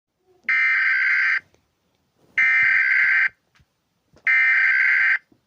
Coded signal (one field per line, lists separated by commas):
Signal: Emergency Alert System (SAME) tones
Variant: header bursts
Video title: America eas alarms